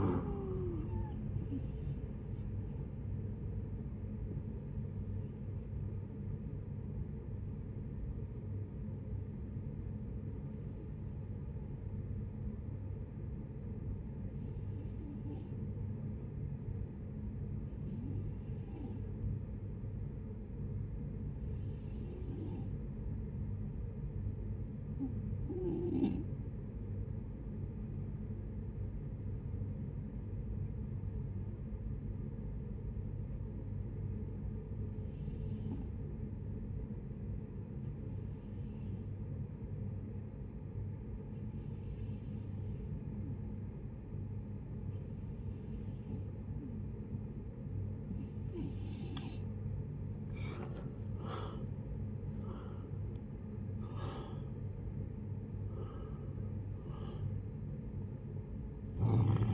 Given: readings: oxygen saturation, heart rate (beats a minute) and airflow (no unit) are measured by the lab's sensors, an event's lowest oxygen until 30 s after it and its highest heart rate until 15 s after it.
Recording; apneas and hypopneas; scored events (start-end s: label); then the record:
breathing in sleep by a smartphone at the bedside; 1
5.00-49.10 s: hypopnea (N2, oxygen 92% highest, then 74% lowest, heart rate 70 at the start, 87 highest)
41.00-59.54 s: new sleep stage, N1 (lightest sleep)
From the record:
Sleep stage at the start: N2 (light sleep); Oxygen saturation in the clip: 74 to 92%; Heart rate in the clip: 55 to 87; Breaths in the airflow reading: 17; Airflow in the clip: -11.1 to 9.5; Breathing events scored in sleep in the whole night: 496 in 5.4 hours asleep